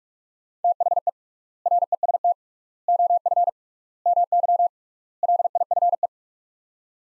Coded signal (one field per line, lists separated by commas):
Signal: Morse code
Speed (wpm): 46 wpm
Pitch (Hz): 700 Hz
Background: none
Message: THE REST OF MY LIFE